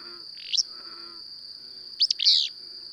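Bird song in two bright bursts, one brief sweeping note then a fuller twisting phrase near the end, with a constant shrill whine behind.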